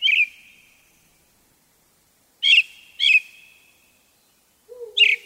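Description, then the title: Brown-headed thrush song: short phrases, each a brief buzzy note running into a clear whistle, given a few times with pauses, and a separate low note near the end. Recorded on Mount Tennyo, Yamanashi Prefecture, Japan. "天女山（山梨県）のアカハラ"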